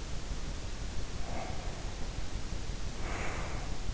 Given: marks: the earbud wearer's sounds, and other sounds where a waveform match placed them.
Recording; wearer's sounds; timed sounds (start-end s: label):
sounds in sleep by an in-ear microphone; breath
1.17-3.83 s: breath